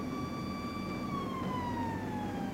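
A police car siren, from police in pursuit of a stolen car, wails in a steady, harmonic-rich tone that glides slowly downward in pitch, fairly loud and continuous against a low background rumble, with no voices.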